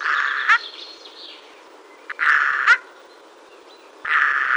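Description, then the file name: Eurasian jay producing loud, raspy screeches, three harsh bursts in under five seconds, the first two ending in a scratchy flourish, over low background hiss. "Garrulus glandarius"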